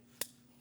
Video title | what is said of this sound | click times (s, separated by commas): How to Replace Valve Cover 2010-2015 BMW X1 | Push until you hear a click. | 0.2 s